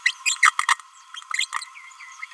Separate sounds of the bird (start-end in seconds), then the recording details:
0.06-0.11, 0.26-0.37, 0.43-0.53, 0.68-0.78, 1.33-1.48. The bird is a male. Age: 29 days. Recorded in a nest box in Venezuela. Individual 17B31A1